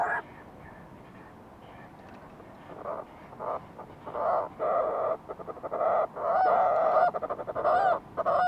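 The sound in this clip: Fulmar prion calls: after a quiet start, harsh nasal bursts build up, coming in a rapid, uneven stutter with some croaking notes toward the end.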